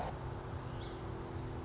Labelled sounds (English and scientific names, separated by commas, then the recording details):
Song Sparrow (Melospiza melodia)
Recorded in Sonoma County, California